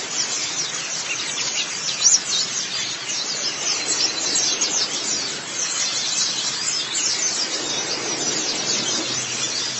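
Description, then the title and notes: White-eye song, dense high thin chattering and twittering running on steadily, with a constant background hiss. "Kicauan Burung Pleci Durasi Panjang. Suara kicauan burung pleci"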